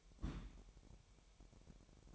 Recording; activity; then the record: daily activity, microphone in the room; place on stove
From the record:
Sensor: 1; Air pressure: 1012.1 hPa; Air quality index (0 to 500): 227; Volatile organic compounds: 5 ppm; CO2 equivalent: 1810 ppm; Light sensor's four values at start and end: 65/154/66/70 and 65/154/66/70